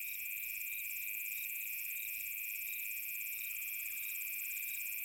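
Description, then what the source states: Cicada chorus, an unbroken high-pitched buzz in stacked layers, one layer beating in quick regular pulses throughout. Cicadas in savanna on a summer afternoon.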